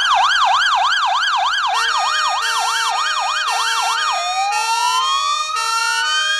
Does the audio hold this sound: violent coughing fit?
no